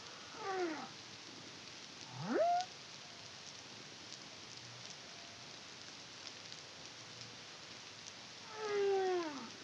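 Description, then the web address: Humpback whale singing quieter units: short falling harmonic sweeps, a quick rising whoop, then a long descending cry, separated by hissing sea noise. Caribbean, 2023. "CARIMAM humpback whale song"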